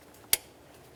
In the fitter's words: back up top we're going to reconnect in our throttle body here let's go ahead and listen for a click give